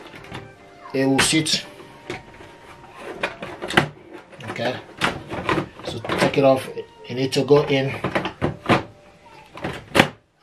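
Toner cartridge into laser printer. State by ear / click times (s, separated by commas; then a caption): seated / 10.0 s. A plastic toner cartridge is pushed into the cartridge bay of an HP Laser 107w printer while someone talks, with scattered handling knocks throughout. A sharp click at 10.0 s marks the cartridge seating home, confirming it is in before the cover is closed.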